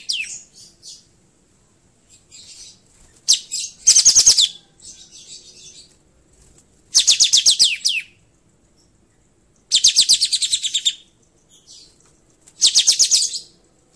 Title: Suara Burung KAPAS TEMBAK Masteran Burung Jernih Suara Masteran Murai Batu